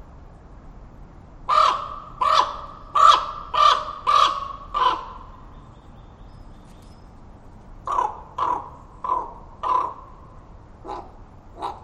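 A raven calls from branches overhead, six evenly spaced harsh croaks, a pause, then a second, fainter run of calls over quiet.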